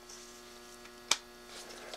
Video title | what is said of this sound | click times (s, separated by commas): Dromida Ominus FPV Quad - Overview and How-to - RCGroups.com | that's snaps in like that that goes there and then your | 1.1 s